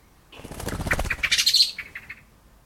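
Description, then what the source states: Blackbird passing in flight: whirring wingbeats build and fade, with a few short, high, sharp calls over them. Bird flying by.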